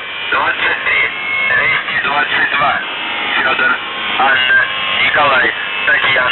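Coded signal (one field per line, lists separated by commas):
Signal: numbers station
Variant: UVB-76, Russian voice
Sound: a male voice reading a message over a noisy, band-limited shortwave channel, no buzzing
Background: radio static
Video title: The Buzzer/UVB-76(4625Khz) April 27th, 2023 Voice messages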